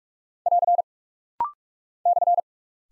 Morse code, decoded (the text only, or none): <AR> /